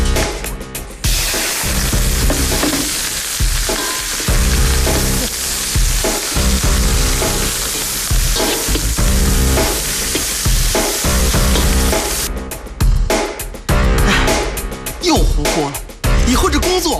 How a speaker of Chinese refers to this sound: 还在用铁锅炒菜吗？早就该换了。